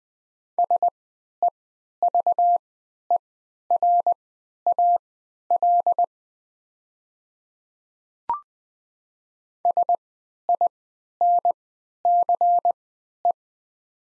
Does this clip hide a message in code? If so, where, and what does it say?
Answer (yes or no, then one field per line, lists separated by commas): yes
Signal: Morse code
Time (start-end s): 0.6-13.3 s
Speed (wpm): 21 wpm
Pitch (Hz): 700 Hz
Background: none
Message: SEVERAL SINCE